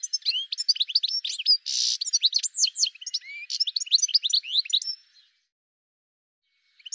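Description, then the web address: Bird calls, a dense burst of quick high chirps and sweeping notes for about five seconds, then near silence before a few faint chirps at the end. "cianscape birddata"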